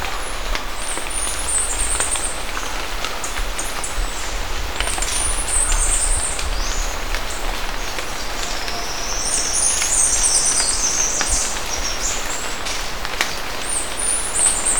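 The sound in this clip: Bird giving shrill, high-pitched chattering phrases in bursts every few seconds, against a constant low rumbling background.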